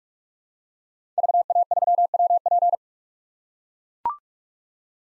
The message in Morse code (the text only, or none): VA3WP